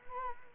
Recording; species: mosquito wingbeat signal from an infrared sensor; Culex quinquefasciatus